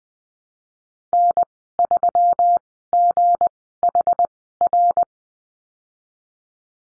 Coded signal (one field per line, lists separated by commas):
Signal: Morse code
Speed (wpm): 20 wpm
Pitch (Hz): 700 Hz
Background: none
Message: N3GHR